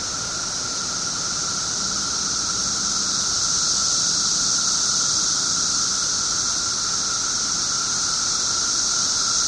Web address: cicadas 6 18 07 1 ' 00 pm. 17 yrcicada